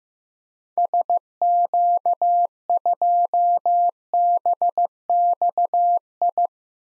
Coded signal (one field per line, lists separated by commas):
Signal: Morse code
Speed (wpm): 15 wpm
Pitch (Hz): 700 Hz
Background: none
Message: SQ2BXI